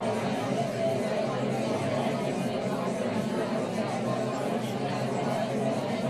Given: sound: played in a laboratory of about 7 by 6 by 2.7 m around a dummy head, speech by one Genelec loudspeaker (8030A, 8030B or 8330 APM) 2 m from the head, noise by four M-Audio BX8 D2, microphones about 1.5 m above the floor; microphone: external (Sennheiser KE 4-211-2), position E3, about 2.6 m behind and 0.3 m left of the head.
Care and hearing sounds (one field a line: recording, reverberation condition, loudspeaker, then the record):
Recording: babble noise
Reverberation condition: low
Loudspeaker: four, about 170 cm from the corners of the room and facing them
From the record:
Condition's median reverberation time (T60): about 310 ms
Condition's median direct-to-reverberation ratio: about 3.5 dB